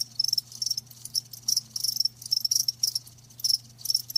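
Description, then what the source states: Crickets chirping, high buzzy trills broken into short bursts several times a second, a soft low drone beneath. Live crickets chirping with a lulling song.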